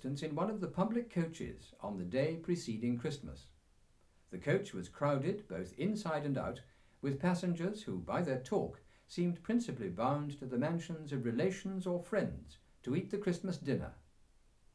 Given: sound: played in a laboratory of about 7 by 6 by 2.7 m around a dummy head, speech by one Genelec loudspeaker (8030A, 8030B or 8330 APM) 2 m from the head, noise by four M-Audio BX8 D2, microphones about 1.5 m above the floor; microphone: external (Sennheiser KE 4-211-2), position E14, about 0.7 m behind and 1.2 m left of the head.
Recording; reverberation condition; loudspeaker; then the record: male speech in English; low; 60 degrees to the left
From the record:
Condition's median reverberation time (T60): about 310 ms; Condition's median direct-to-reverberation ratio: about 3.5 dB